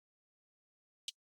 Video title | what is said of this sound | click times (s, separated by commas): How to Repaste and Clean Asus ROG Strix G15 G512LI Laptop | And you want to hear those click sounds. That's what you want to hear. | 1.1 s